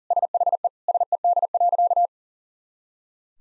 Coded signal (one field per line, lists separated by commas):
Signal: Morse code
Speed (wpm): 40 wpm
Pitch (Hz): 700 Hz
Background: none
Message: SHE SED.